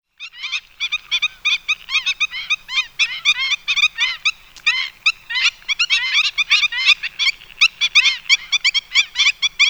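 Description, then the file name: Black-winged stilt calls: dense, overlapping yapping notes, harsh and nasal, delivered in rapid irregular runs. "Himantopus himantopus"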